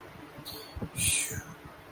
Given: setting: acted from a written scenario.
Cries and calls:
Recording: vocal sound without words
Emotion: serenity

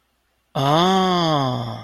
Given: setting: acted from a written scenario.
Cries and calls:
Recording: vocal sound without words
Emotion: realization

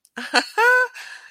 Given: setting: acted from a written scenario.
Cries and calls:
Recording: vocal sound without words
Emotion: amusement

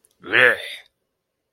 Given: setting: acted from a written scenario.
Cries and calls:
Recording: vocal sound without words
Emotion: disgust

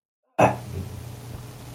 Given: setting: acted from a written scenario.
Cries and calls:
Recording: vocal sound without words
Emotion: pain

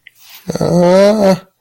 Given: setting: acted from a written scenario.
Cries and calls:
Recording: vocal sound without words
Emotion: fear

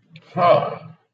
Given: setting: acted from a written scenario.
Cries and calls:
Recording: vocal sound without words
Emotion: shame

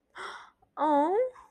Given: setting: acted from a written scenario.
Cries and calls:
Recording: vocal sound without words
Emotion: positive surprise

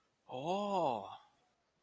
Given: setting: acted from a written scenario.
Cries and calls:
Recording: vocal sound without words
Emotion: awe

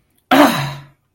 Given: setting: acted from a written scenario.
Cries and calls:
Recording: vocal sound without words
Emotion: anger

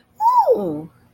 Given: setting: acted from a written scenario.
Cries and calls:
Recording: vocal sound without words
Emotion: positive surprise

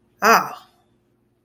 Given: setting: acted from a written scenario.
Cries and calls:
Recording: vocal sound without words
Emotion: relief

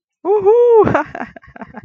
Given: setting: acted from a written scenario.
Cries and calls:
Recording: vocal sound without words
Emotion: triumph

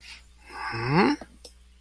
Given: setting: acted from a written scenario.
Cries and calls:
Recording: vocal sound without words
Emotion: confusion

